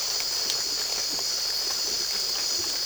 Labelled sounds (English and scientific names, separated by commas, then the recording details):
none
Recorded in secondary vegetation near Puerto Asís, Putumayo, Colombia, on 8 March 2025 at 04:30
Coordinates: 0.488, -76.319
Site G095